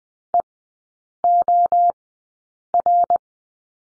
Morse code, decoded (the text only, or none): EOR